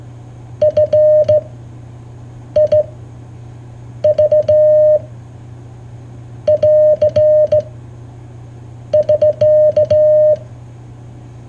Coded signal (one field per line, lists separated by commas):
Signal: Morse code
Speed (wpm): 17 wpm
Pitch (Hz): 610 Hz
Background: none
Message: F I V <AR> <SK>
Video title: Here is a Simple, Easy Way to Learn Morse Code